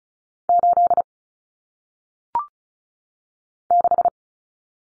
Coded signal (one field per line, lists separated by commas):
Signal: Morse code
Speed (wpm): 36 wpm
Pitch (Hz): 700 Hz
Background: none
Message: 8 6